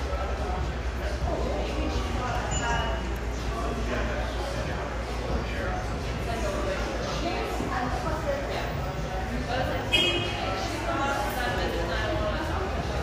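Steady, bustling café background of many overlapping voices talking at once, with a constant low rumble underneath. Small clinks and clatters of dishes surface now and then, including a sharper knock near ten seconds. The level stays even throughout.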